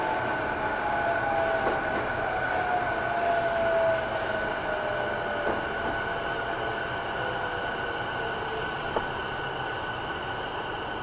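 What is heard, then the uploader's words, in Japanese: A train runs at a steady pace, its rumble holding an even level throughout. A motor whine drifts slowly downward over the first few seconds and again near the end, and faint rail-joint clicks come every few seconds above a constant bright hum. 相鉄12000系 相鉄・埼京線特急・普通 01/01:海老名～新宿。相鉄・埼京線直通＂特急・普通＂の列車走行音。収録年月:2019,12。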